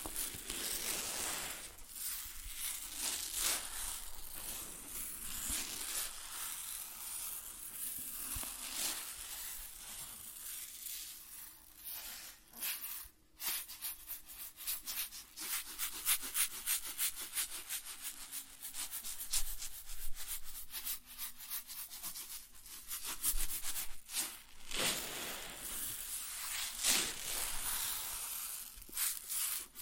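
Grain rustles and pours in a dense, hissing stream of fine bright particles. The flow swells and thins unevenly, and from about ten seconds on it breaks into rapid crackling ticks and sharp clicks, with a few louder bursts near 13, 24 and 27 seconds.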